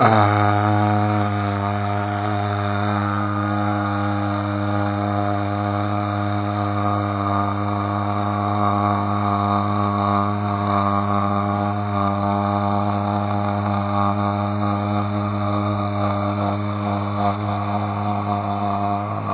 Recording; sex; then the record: sustained vowel /a/; male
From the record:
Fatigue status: fatigue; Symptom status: symptomatic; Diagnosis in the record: COVID-19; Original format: 3gp